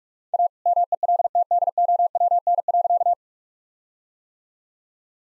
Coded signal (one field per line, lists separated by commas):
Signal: Morse code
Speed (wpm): 43 wpm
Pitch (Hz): 700 Hz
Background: none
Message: A MELTDOWN.